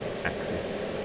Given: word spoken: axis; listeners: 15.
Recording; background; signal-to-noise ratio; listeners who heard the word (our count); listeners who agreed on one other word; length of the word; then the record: one English word in noise, from a listening test; speech-shaped noise; -4.1 dB; 6 of 15; 9 of 15; 0.65 s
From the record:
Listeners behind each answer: 9, 6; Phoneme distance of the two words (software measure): 10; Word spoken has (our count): 2 syllables, 5 phonemes, stress on syllable 1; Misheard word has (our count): 2 syllables, 5 phonemes, stress on syllable 1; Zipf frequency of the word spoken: 3.25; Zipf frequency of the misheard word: 4.75